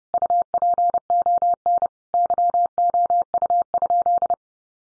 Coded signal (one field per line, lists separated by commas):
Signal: Morse code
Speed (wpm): 30 wpm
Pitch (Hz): 700 Hz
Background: none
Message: UPON YOU?